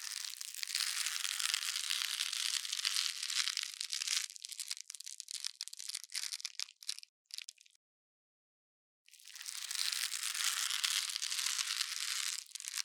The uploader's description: The sound of the syringe absorbing water and making a popping sound